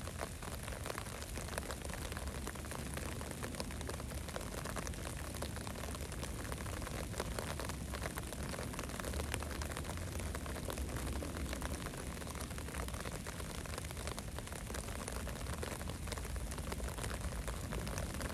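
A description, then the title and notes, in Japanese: Light early-summer rain falls steadily through the evening, a dense even patter of drops over a low rumble, unchanging throughout. 雨の日 サツマイモ苗植え。梅雨の小雨の降る夕方、家から畑へ出発。録音のスマホは傘の下に置いておき、隣の畑に苗取りへ。雨ガッパを着て。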